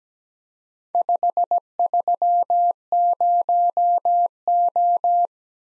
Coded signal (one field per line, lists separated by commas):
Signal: Morse code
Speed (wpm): 17 wpm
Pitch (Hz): 700 Hz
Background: none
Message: 530O